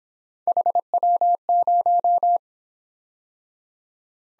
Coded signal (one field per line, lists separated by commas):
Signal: Morse code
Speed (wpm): 26 wpm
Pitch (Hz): 700 Hz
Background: none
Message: HW0